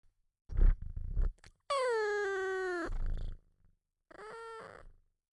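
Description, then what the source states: Cat purring in low rumbling bursts, then a long meow sliding slightly downward, more purring, and a shorter, softer meow near the end. Sleepy cat, purring and meowing.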